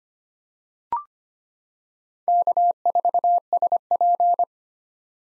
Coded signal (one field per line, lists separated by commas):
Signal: Morse code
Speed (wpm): 25 wpm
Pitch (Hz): 700 Hz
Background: none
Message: K4SP